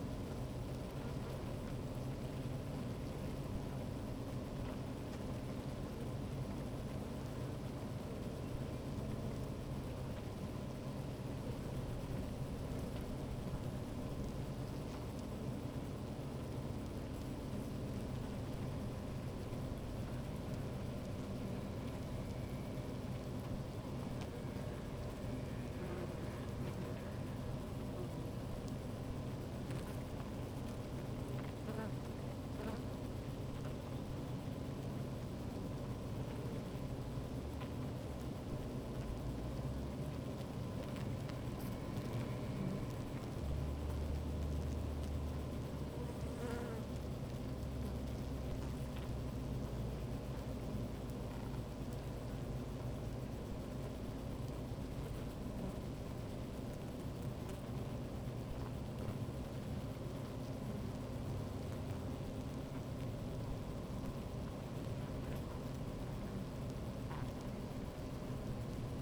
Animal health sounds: honeybee colony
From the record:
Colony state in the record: active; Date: 28 July 2017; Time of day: 15:02

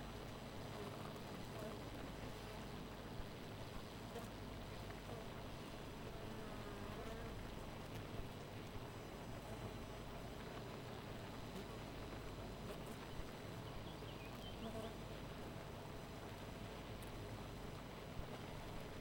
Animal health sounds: honeybee colony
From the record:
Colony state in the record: missing queen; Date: 14 July 2017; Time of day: 4:21

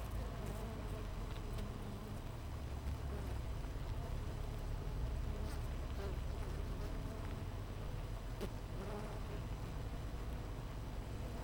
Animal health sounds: honeybee colony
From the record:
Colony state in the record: missing queen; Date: 14 July 2017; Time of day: 8:05

